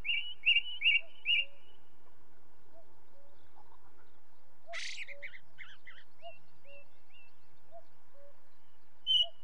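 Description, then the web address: Ring ouzel giving four quick piping whistles, followed by scratchy warbling and soft low whistled notes repeated steadily in the background. Recorded with the song of a second bird. "BBC Sound Effects Library. Ring Ouzel"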